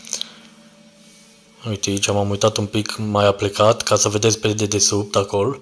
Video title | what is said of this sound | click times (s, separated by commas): CUM SCAPI DE MIROSUL NEPLACUT DIN FRIGIDER SI DIN BUCATARIE , Demontare tăviță colectare și curatare | acel clip să intre exact în locul lui vedeți s a fixat | 0.1 s, 0.2 s